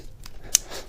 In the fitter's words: two three four you heard them all click now